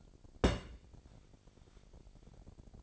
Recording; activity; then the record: daily activity, microphone in the room; place on stove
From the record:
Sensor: 5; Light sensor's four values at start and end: 44/99/43/47 and 45/103/44/48